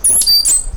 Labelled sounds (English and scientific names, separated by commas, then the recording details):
Stitchbird (Notiomystis cincta) song
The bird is a male
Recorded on Tiritiri Matangi Island, New Zealand, in 2005
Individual 1, of nest box 1